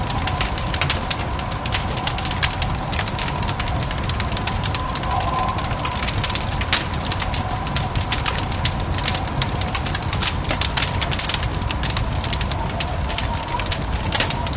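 A fire crackles steadily throughout, with dense, rapid pops and snaps scattered across the whole stretch. Underneath sits a constant low rumble, and a faint, thin tone hovers in the middle range, giving an enclosed feel.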